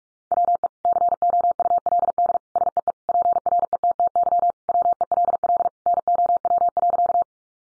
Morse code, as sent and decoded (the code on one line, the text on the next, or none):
.-- . / -.-. --- ..- .-.. -.. / ... . . / .--. .-. . - - -.-- / .-- . .-.. .-.. / -. --- .-- .-.-.-
WE COULD SEE PRETTY WELL NOW.